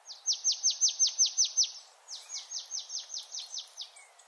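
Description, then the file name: Marsh tit calling: two rapid runs of sharp, downward-sweeping notes, the second run quieter. "Poecile palustris"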